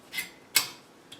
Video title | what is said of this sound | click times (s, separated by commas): Gardening Gift Ideas: Work Leaf Mulcher | there we go pops right in so | 0.6 s